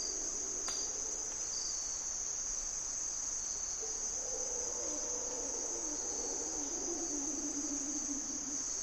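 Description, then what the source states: Mantled howler monkeys give a low, wavering roar that rises and falls in the background, beneath a loud, steady high-pitched insect drone. Mantled howlers (Monos Congos) waking the jungle at morning twilight, Parque Nacional Corcovado, Osa Peninsula, Costa Rica; males audible for several kilometres, thought loudest land mammal; call at dawn, dusk and when disturbed.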